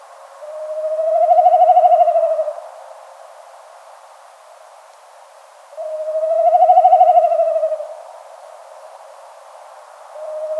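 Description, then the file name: Snipe drumming, two pulsed, bleating hums about five seconds apart, each rising and falling in loudness, with a third starting at the end. "bekasowy"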